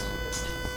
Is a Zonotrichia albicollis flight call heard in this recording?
no